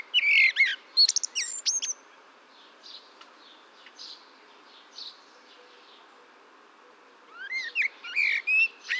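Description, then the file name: Eurasian blackbird song: a quick tangle of high swept notes, a pause with faint twitters, then another warbled phrase near the end. "Turdus merula"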